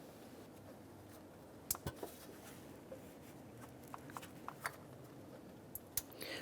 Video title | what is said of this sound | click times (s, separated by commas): How to Replace Variable Valve Timing Solenoid (VVT) 2009-2015 Honda Pilot | once those are clicked in let's install our little harness here | 1.7 s, 6.0 s